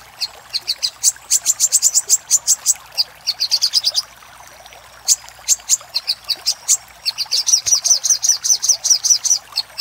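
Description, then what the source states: Little spiderhunter singing thin, piercing notes in fast repeated series, with a short silent gap midway before another even, rapid trill. Used for training cage birds.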